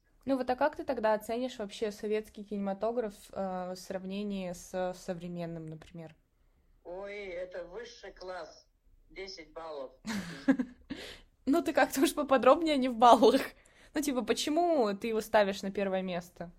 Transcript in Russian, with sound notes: Ну вот, а как ты тогда оценишь вообще советский кинематограф ээ в сравнении с современным, например?
Ой, это высший класс, десять баллов. [смех]
Ну ты как-то уж поподробнее, а не в баллах. Ну, типа, почему ты его ставишь на первое место?